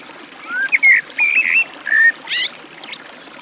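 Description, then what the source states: Eurasian blackbird song fragment, a short run of whistled and slurred notes, with trickling water behind. Beside a forest stream.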